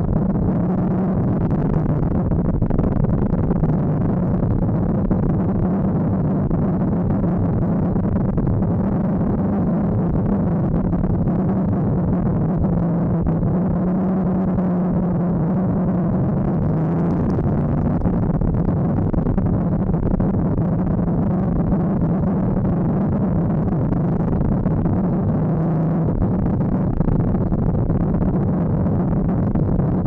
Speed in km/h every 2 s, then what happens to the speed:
64, 65, 64, 64, 63, 54, 45, 53, 62, 62, 63, 66, 68, 62, 59.
0-8 steady at about 64. 8-11 brakes to 45. 13-23 speeds up to 68. 23-30 slows to 59.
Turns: none.